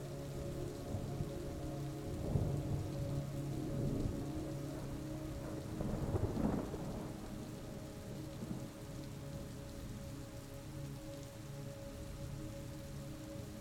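Steady rain falls throughout, a dense, even hiss of drops on a surface. Beneath it a soft, calm musical tone holds long notes in the low and middle range, with a slightly louder swell around two and six seconds.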